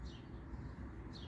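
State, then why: Not seated. A coolant temperature sensor or its connector is being handled on the engine coolant housing of a 2016 Jeep Wrangler with a 3.6L Pentastar engine during sensor replacement. Only low, steady background rumble and faint high chirps are heard, with no distinct hits. Nothing has seated or clicked yet.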